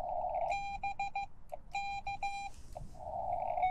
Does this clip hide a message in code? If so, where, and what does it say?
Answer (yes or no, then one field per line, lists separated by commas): yes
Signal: Morse code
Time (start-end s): 0.5-2.5 s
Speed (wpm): 15 wpm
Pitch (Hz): 2400 Hz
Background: none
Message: B K